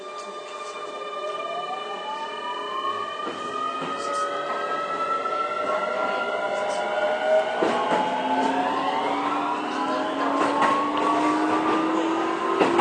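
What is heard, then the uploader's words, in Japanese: A Keio 9000 series train accelerates, its motor whine climbing steadily in pitch over a low rumble, with clicks and rattles throughout. 京王9000系 高尾山口〜つつじヶ丘。快速つつじヶ丘行を録音。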